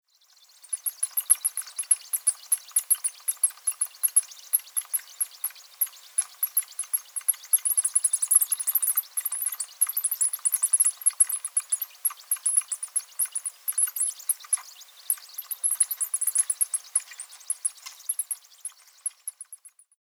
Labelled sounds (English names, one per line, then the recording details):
Bicolored Shrew
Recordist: Frommolt, Karl-Heinz
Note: Rufe einer Gruppe